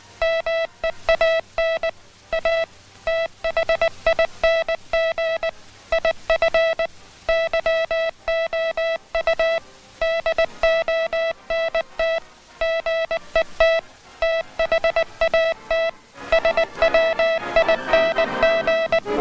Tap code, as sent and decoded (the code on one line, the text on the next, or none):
none